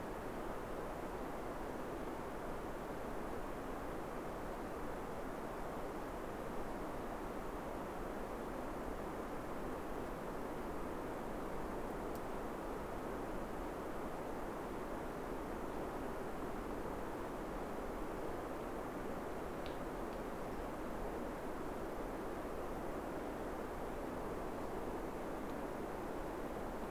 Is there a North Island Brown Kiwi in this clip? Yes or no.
no